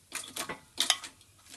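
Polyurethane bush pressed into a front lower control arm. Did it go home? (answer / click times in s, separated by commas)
yes / 0.8 s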